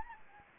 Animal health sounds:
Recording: mosquito wingbeat signal from an infrared sensor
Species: Anopheles gambiae

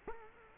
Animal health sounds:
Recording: mosquito wingbeat signal from an infrared sensor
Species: Culex quinquefasciatus

